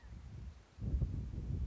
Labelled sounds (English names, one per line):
California Quail